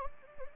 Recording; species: mosquito wingbeat signal from an infrared sensor; Anopheles gambiae